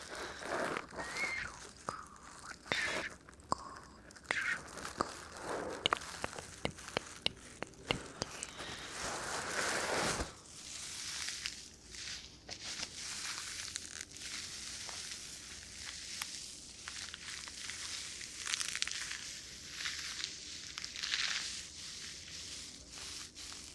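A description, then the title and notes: Wet ear-massage sounds with oily squelches and sharp clicks, dense and fuller for ten seconds, then lighter, brighter rubbing swishes. 3Dio Ear Massage, Oil, Lotion Sounds.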